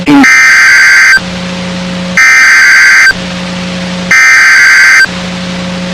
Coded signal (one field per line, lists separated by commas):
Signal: Emergency Alert System (SAME) tones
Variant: header bursts